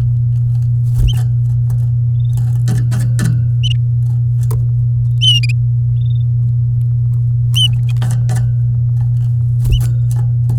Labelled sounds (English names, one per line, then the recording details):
Domestic Canary song
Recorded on 9 May 2018 at 11:19
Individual llb16